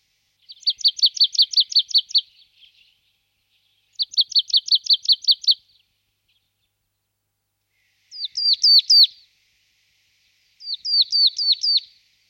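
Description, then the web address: Marsh tit delivering four rapid phrases of repeated high notes, the first two long even rattles, the later two of slurred, dropping chips. "Sumpmejse"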